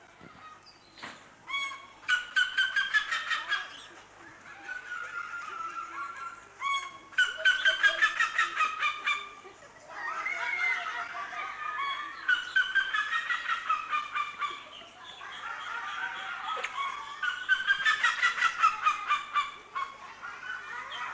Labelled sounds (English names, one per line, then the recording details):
Black-legged Seriema call
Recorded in captivity
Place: Zoo Berlin, Berlin, DE
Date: 2004-09-17 13:00
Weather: sunny, 19°C
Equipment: Sony WM-D6C, Sennheiser ME 80, Kopie Uher 4000 Report Monitor
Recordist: Tembrock, Günter